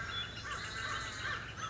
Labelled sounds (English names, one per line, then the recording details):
Northern Flicker
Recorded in Sonoma County, California